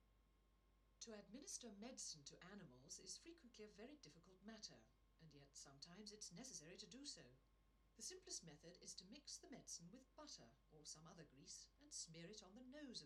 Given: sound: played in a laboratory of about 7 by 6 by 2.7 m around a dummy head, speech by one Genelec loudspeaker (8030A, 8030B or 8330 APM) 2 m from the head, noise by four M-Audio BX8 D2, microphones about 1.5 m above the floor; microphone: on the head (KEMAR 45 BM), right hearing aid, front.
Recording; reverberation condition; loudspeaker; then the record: female speech in English; low; 30 degrees to the right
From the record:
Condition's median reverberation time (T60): about 310 ms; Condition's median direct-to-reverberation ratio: about 3.5 dB